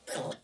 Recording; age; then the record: pig call; piglet (1 to 25 days)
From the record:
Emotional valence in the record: negative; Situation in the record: restrain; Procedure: back test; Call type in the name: low-frequency call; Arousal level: maximum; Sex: female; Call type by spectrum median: low-frequency call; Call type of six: low-frequency stable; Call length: 0.44 s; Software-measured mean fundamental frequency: 52 Hz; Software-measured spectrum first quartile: 556 Hz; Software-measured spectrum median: 1715 Hz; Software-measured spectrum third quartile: 7311 Hz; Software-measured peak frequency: 528 Hz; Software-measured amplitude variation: 185 dB a second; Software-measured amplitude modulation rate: 17.2 a second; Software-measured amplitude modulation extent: 10.7 dB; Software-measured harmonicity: 1.9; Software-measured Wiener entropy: -2.39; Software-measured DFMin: 1570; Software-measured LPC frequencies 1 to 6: 594, 1649, 3365, 5259, 5868, 7031 Hz